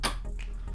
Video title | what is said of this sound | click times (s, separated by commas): Rear Door Replacement Grand Caravan Town & Country 2001 - 2007 Part 2 of 2 | like this push it in till it clicks like that | 0.0 s